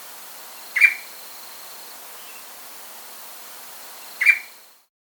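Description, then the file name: Rufous-breasted antthrush: two brief notes near the same pitch, about three and a half seconds apart, over a steady faint hiss. Andean bird of South America. "Rufous-Breasted Antthrush (Formicarius Rufipectus)"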